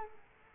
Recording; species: mosquito wingbeat signal from an infrared sensor; Culex quinquefasciatus